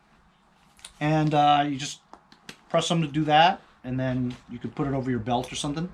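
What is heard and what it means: The plastic belt clips on a Raiseek .223/5.56/9mm magazine storage pouch are pressed open so the pouch can go over a belt, giving two short clicks at 0.8 s and 0.9 s. The clips are released open, and someone talks for the rest of the clip.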